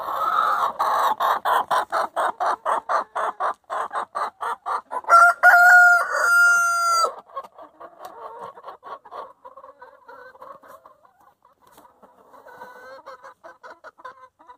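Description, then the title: Chickens give a fast run of loud regular clucks, then a rooster crows once, followed by softer scattered clucking. Chickens in their coop. "In the chicken coop - A csirkeólban"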